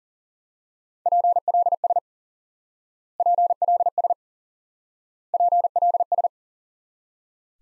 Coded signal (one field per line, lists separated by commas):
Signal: Morse code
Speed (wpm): 37 wpm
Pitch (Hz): 700 Hz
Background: none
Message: PLS PLS PLS